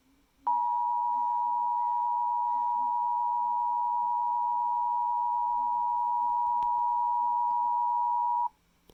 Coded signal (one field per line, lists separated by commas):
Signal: Emergency Alert System (SAME) tones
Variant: 853 and 960 Hz attention tone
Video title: EAS 1459 PDS TOR NWS Birmingham